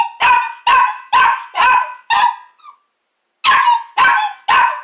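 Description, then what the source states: Small dog barking rapidly, five sharp barks in quick succession, a short gap, then three more. Small dog barking, with a piercing echo.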